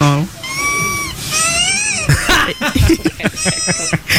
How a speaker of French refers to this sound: L'enfant, il est en train de parler là. Ouais. Et quand il parle, on entend le bruit du chien. Mais deux. Ouais. Du jouet. Il couine en fait, l'enfant. Attends, il va tousser un moment.